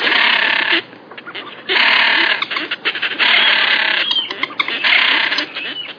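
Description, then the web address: Great crested grebe giving loud, sustained braying rattles of about a second each, separated by short grating notes. "allan-kierulff Toppet-lappedykker"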